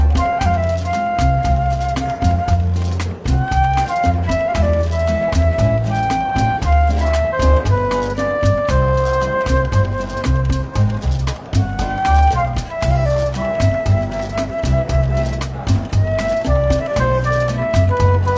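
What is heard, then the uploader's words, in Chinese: Soft, relaxed jazz plays steadily throughout, with a walking bass line and a melody of held notes floating above it. Light cymbal or brush taps keep a regular, unhurried beat, and the level stays even from start to finish. 伦敦书店咖啡馆轻微喧闹氛围与柔和轻松的爵士背景音乐。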